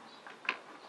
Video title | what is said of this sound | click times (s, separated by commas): Project Scrappy Doo - FEZZ Led Side Lights Install | It just does just a quarter of a turn. It locks in place. | 0.5 s